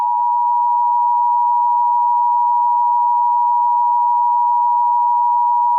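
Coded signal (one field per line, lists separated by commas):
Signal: Emergency Alert System (SAME) tones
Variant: 853 and 960 Hz attention tone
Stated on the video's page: Fictional emergency alert scenario depicting a nuclear power plant disaster, not a real activation.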